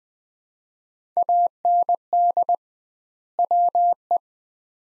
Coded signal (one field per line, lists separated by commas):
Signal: Morse code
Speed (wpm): 20 wpm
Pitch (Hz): 700 Hz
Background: none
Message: AND WE